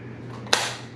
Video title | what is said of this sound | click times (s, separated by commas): Savage Axis XP .350 Legend - Full Review in Muddy Girl Camo | you are going to line this up until it snaps in | 0.5 s